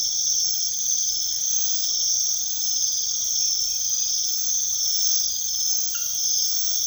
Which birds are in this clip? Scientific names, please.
none